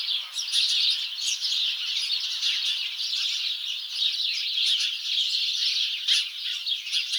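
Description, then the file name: House sparrows chirping in a dense, steady chorus, many overlapping short chirps and chatter running without pause through the whole stretch. "Passer domesticus"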